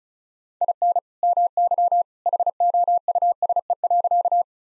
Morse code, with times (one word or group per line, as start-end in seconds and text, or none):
0.6-1.0 IN
1.2-2.0 MY
2.3-4.4 HOUSE.